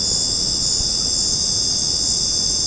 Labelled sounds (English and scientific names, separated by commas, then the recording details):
none
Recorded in secondary vegetation near Puerto Asís, Putumayo, Colombia, on 13 March 2025 at 21:00
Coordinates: 0.481, -76.318
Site G097